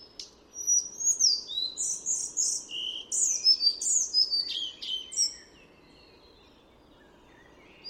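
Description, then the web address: Collared flycatcher singing a long, rich run of high squeaky and whistled notes, followed by quiet. "chant didier collin gobemouche a collier"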